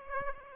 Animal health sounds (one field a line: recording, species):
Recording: mosquito wingbeat signal from an infrared sensor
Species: Aedes aegypti